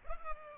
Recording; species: mosquito wingbeat signal from an infrared sensor; Culex pipiens